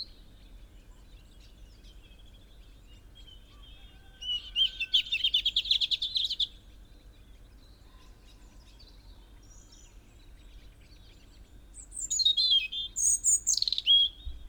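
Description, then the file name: European robin giving two separate song phrases, a rapid scratchy twitter and later a sharp, tumbling high warble, with quiet pauses between. "Erithacus rubecula"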